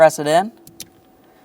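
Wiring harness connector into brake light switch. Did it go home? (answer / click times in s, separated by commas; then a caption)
yes / 0.8 s. A wiring harness electrical connector is pressed onto a new plastic brake light switch for a 2007-2017 Jeep Patriot. Someone talks briefly, then one sharp click sounds at 0.8 s over a faint steady hum. The connector is seated.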